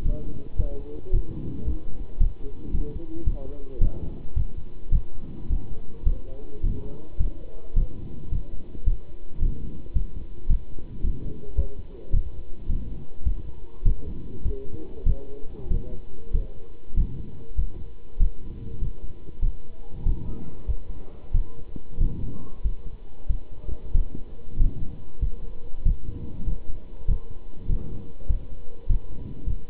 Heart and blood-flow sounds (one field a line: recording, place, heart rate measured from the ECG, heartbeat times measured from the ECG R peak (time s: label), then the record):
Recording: heart sounds by stethoscope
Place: between the tricuspid and mitral areas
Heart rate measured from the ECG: 102 bpm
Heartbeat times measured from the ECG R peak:
0.06 s: heartbeat
0.59 s: heartbeat
1.14 s: heartbeat
1.67 s: heartbeat
2.21 s: heartbeat
2.74 s: heartbeat
3.27 s: heartbeat
3.82 s: heartbeat
4.36 s: heartbeat
4.93 s: heartbeat
5.50 s: heartbeat
6.07 s: heartbeat
6.64 s: heartbeat
7.20 s: heartbeat
7.77 s: heartbeat
8.32 s: heartbeat
8.87 s: heartbeat
9.43 s: heartbeat
9.96 s: heartbeat
10.50 s: heartbeat
11.04 s: heartbeat
11.58 s: heartbeat
12.14 s: heartbeat
12.70 s: heartbeat
13.26 s: heartbeat
13.86 s: heartbeat
14.45 s: heartbeat
15.07 s: heartbeat
15.71 s: heartbeat
16.34 s: heartbeat
16.98 s: heartbeat
17.58 s: heartbeat
18.20 s: heartbeat
18.82 s: heartbeat
19.43 s: heartbeat
20.06 s: heartbeat
20.68 s: heartbeat
21.34 s: heartbeat
22.01 s: heartbeat
22.65 s: heartbeat
23.30 s: heartbeat
23.95 s: heartbeat
24.60 s: heartbeat
25.22 s: heartbeat
25.86 s: heartbeat
26.47 s: heartbeat
27.08 s: heartbeat
27.70 s: heartbeat
28.29 s: heartbeat
28.90 s: heartbeat
29.47 s: heartbeat
From the record:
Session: pedaling a stationary bicycle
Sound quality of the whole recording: good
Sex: male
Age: 27 years